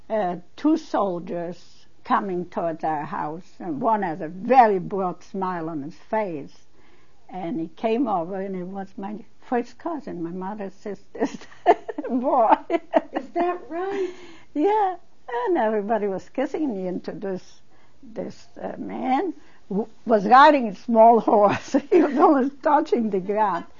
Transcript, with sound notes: uh, two soldiers coming towards our house, one of them had a very broad smile on his face and he came over and it was my first cousin. My mother's sister's boy. (She laughs.)
Is that right?
Yeah. And everybody was kissing me introduce this man who was riding a small horse, almost touching the ground.